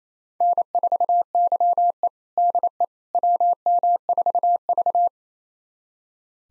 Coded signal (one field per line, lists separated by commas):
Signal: Morse code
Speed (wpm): 28 wpm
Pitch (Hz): 700 Hz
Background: none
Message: N4YE DE WM4V